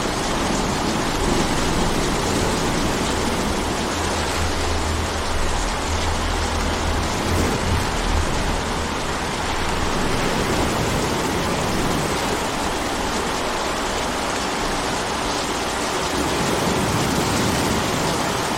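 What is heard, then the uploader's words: A rainstorm pours steadily, a dense, even hiss spread from low rumble up to bright crackle with no pauses. The loudness barely shifts across the whole stretch. A low, droning hum sits underneath for the first ten seconds before fading out. A Sleepy Rainstorm Sounds Like Heaven.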